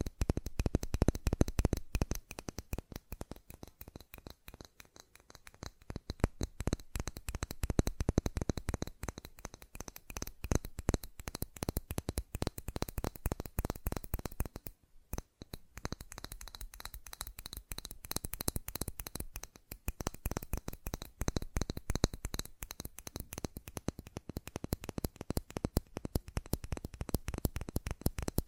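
Fast tapping runs for the whole length as a dense, rapid stream of sharp clicks, loosely regular, like fingertips drumming or cards riffling. The tapping thins and softens briefly around five seconds, breaks off for a moment near fifteen seconds, then carries on at full pace.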